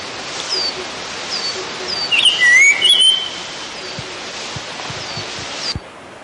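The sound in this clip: Black-headed hawfinch calling once, a bright whistled phrase with a falling then rising slur, among faint high chirps and soft thumps against a hissy background.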